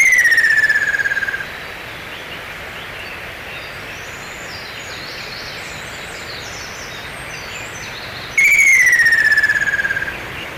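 Bird whistle: a long, clear, slightly falling note sounds at the start and again near the end, over a steady, loud background hiss.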